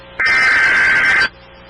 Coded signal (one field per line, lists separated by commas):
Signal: Emergency Alert System (SAME) tones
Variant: header bursts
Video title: REAL EAS 1462- Severe Thunderstorm Warning